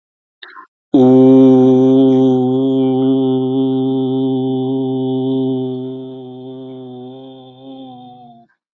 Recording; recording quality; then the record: sustained vowel as in boot; excellent, no background noise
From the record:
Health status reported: healthy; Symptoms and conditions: diabetes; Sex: male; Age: 48 years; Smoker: not ticked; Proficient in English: yes